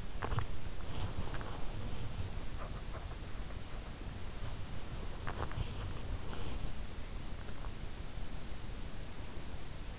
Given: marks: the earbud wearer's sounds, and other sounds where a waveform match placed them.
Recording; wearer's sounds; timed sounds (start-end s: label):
sounds in sleep by an in-ear microphone; body movement, swallowing
0.00-7.92 s: body movement
6.36-7.92 s: swallowing